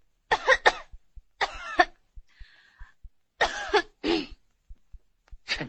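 An adult gives several voluntary coughs on request during a lung examination, acted in a drama.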